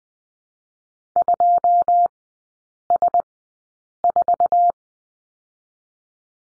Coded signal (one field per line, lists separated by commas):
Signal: Morse code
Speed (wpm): 20 wpm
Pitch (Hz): 700 Hz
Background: none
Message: 2 S 4